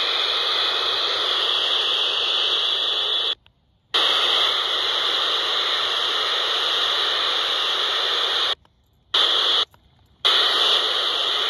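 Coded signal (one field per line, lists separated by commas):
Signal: POCSAG pager data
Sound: continuous raspy buzzing data hiss, broken by three short silent gaps between transmissions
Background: radio static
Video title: 26.750 MHz (with 26.745 MHz and 26.755 MHz offsets) UK Paging Signals Morning Fade In - 6 March 2023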